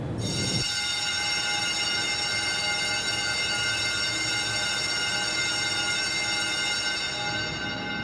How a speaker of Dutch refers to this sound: Het was ook niet zomaar een belletje. Nee, het is wel een goede bel.